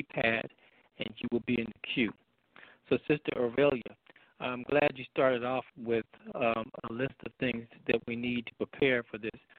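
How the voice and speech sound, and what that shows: A man speaks fluently at an ordinary pace in a clear voice, with normal pauses between phrases.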